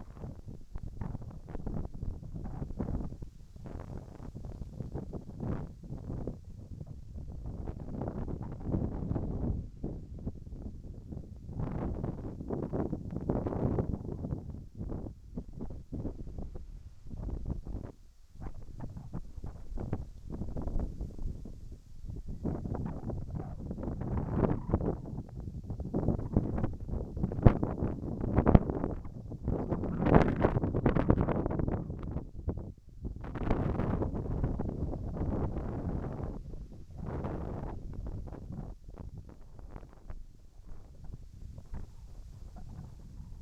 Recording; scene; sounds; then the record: everyday scene through a hearing-aid microphone; wind on the microphone; wind, whistling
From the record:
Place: in front of a rural house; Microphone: behind the ear, right, front